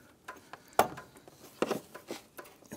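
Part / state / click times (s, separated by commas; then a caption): transmission oil cooler line fitting into radiator port / seated / 0.8 s. A new transmission oil cooler line fitting on a 2006-2013 Chevrolet Impala is pressed into the radiator port, and a sharp pop at 0.8 s marks it seating in place. Softer clicks and taps follow, including a firm one near 1.6 s, as the retaining collar is slid up over the connection.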